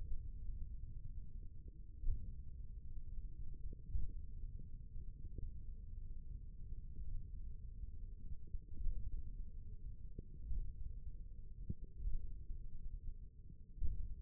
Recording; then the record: forearm muscle sounds (acoustic myography)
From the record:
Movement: finger pinch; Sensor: system 1, eight BSWA MPA416 microphones around the upper forearm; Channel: 1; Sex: male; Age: 28 years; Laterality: right